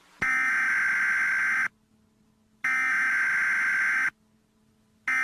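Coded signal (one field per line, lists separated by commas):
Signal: Emergency Alert System (SAME) tones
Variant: header bursts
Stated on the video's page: Valid EAS tones taken from older videos, edited into a show as fake interruptions: a Rainbow Dash warning, test messages, and a dust storm warning.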